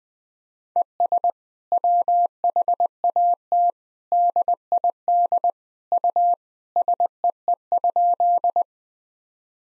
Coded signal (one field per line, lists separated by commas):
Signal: Morse code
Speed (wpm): 21 wpm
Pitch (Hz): 700 Hz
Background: none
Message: ES WHAT DID U SEE?